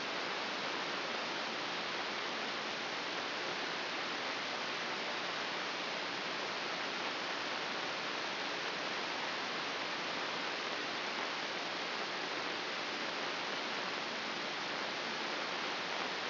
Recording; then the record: brain microelectrode recording played as sound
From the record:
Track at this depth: inside the subthalamic nucleus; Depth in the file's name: 3.824 mm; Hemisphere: left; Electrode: 3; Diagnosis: Parkinson's disease